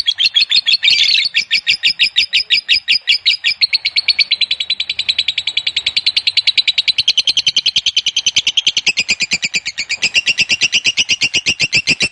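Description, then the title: Lovebird chattering song, a rapid unbroken stream of harsh high chips sustained for the whole twelve seconds, with a brief louder burst near the start. Fighter-type lovebird giving a long ngekek. "Begitu Dengar Suara Lovebird FIGHTER NGEKEK PANJANG"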